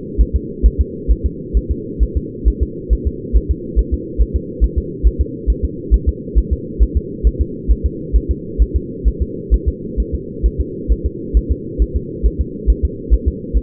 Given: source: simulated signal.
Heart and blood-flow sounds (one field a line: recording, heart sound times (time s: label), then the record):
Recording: fetal heart sounds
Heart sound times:
0.21 s: S1
0.36 s: S2
0.66 s: S1
0.81 s: S2
1.11 s: S1
1.26 s: S2
1.57 s: S1
1.71 s: S2
2.03 s: S1
2.17 s: S2
2.48 s: S1
2.63 s: S2
2.93 s: S1
3.07 s: S2
3.36 s: S1
3.51 s: S2
3.79 s: S1
3.94 s: S2
4.21 s: S1
4.36 s: S2
4.64 s: S1
4.78 s: S2
5.07 s: S1
5.21 s: S2
5.50 s: S1
5.65 s: S2
5.94 s: S1
6.09 s: S2
6.38 s: S1
6.53 s: S2
6.83 s: S1
6.97 s: S2
7.27 s: S1
7.41 s: S2
7.71 s: S1
7.86 s: S2
8.16 s: S1
8.31 s: S2
8.62 s: S1
8.76 s: S2
9.08 s: S1
9.22 s: S2
9.54 s: S1
9.68 s: S2
10.00 s: S1
10.15 s: S2
10.46 s: S1
10.60 s: S2
10.92 s: S1
11.06 s: S2
11.37 s: S1
11.51 s: S2
11.82 s: S1
11.96 s: S2
12.26 s: S1
12.41 s: S2
12.70 s: S1
12.85 s: S2
13.14 s: S1
13.28 s: S2
13.57 s: S1
From the record:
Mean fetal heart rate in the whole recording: 135 bpm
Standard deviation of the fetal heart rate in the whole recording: 3 bpm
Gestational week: 34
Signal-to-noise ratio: -4.1 dB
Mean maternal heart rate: no maternal heart sound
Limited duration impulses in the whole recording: absent